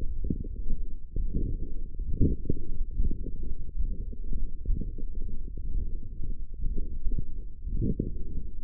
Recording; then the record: forearm muscle sounds (acoustic myography)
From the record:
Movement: radial deviation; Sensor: system 1, eight BSWA MPA416 microphones around the upper forearm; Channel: 5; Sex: male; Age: 23 years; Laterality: right